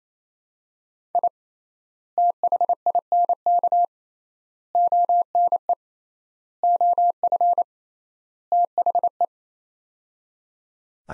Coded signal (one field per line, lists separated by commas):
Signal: Morse code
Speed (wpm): 28 wpm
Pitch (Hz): 700 Hz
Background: none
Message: I THINK ONE OF THE